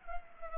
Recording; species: mosquito wingbeat signal from an infrared sensor; Culex pipiens